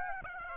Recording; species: mosquito wingbeat signal from an infrared sensor; Aedes aegypti